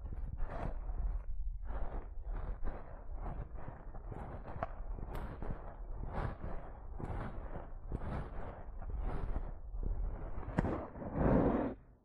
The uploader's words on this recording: ASMR Comfort You to Sleep Face Touching & Scratching (No Talking).